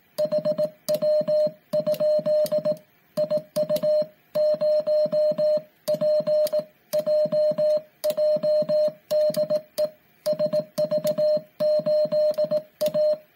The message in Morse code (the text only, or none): HW? IU0PJJ DE SV8A